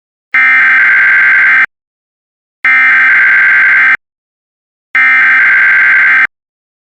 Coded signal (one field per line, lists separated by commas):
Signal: Emergency Alert System (SAME) tones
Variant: header bursts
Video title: *POSSIBLE VALID TONES* Red River County Tornado Warning EAS Mock